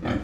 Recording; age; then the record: pig call; growing-finishing pig (85 days or more)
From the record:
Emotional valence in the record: negative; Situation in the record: barren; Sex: female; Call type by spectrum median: low-frequency call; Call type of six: low-frequency tonal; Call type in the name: low-frequency modulated, not sure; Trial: 1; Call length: 0.24 s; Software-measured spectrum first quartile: 206 Hz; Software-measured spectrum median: 382 Hz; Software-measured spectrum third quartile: 1046 Hz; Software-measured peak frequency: 289 Hz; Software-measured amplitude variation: 157 dB a second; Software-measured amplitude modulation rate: 19.1 a second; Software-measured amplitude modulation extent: 8.2 dB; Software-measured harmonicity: -1.0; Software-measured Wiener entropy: -1.21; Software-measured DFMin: 658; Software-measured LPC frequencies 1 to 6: 348, 1591, 2222, 3185, 4450, 4971 Hz